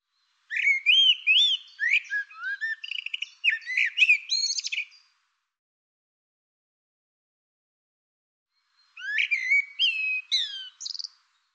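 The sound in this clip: Bird song with a long phrase of mixed whistles, chirps and buzzy notes lasting over four seconds, then a pause and a shorter second phrase.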